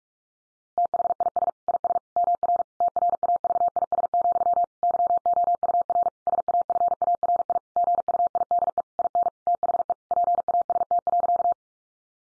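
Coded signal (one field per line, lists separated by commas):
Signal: Morse code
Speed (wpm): 44 wpm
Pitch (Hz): 700 Hz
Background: none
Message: THIS IS MR TRAVIS, YOUR SAFARI GUIDE IN THE PAST.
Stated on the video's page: Morse head-copy sentence practice drill at 45 wpm.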